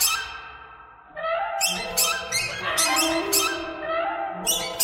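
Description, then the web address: Bird giving harsh, noisy squawks in quick, irregular bursts. "soundfactory birds"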